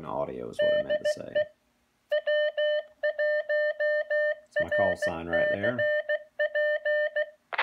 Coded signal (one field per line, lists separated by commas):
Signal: Morse code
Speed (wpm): 16 wpm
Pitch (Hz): 600 Hz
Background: speech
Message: DE W1RCP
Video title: Raspberry Pi Controlled Amateur Radio Fox Transmitter